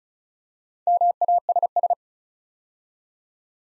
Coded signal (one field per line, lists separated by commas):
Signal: Morse code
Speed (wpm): 36 wpm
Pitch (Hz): 700 Hz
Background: none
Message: MASS